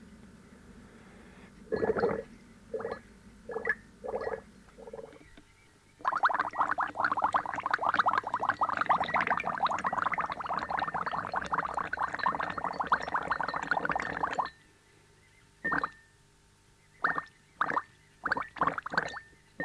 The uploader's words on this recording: More Water FX by Chris Hester.